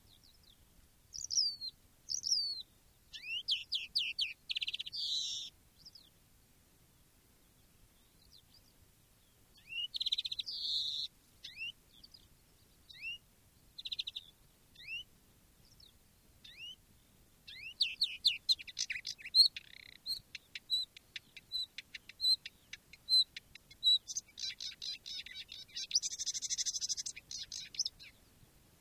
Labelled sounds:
Marsh Warbler (Acrocephalus palustris)

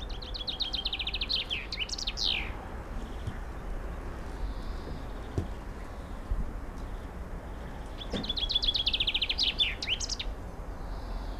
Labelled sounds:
Common Chaffinch (Fringilla coelebs) song

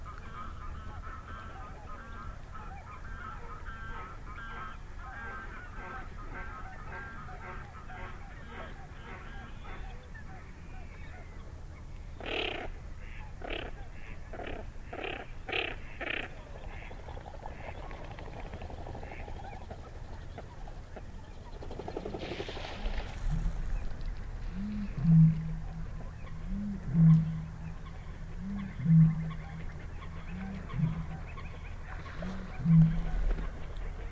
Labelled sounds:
Common Pochard (Aythya ferina) call

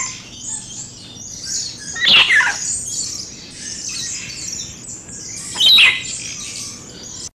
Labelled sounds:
Yellow-bibbed Lory (Lorius chlorocercus) call

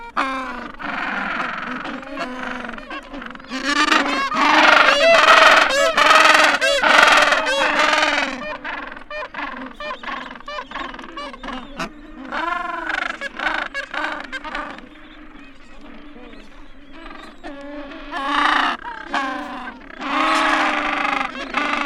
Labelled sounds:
Gentoo Penguin (Pygoscelis papua) call

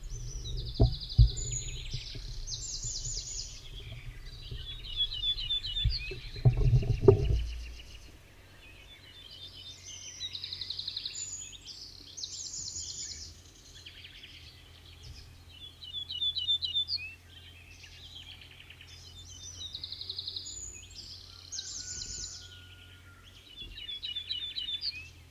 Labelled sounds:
Ortolan Bunting (Emberiza hortulana) song

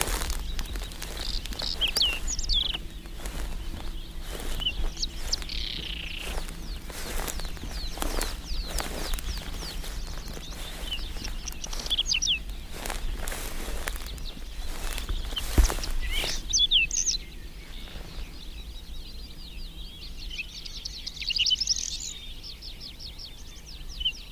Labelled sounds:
Whinchat (Saxicola rubetra) song

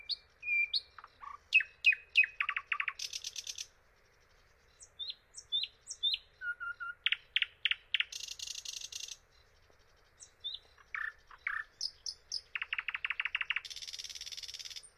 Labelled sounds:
Thrush Nightingale (Luscinia luscinia) song

